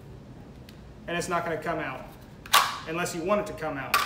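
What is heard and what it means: A pistol is handled at a rigid kydex holster whose retention point is at the trigger guard, while someone talks over the clip and brief sharp handling noises occur around 0.7 and 2.5 seconds. Nothing has clicked or seated yet; the clip ends just before the pistol goes home.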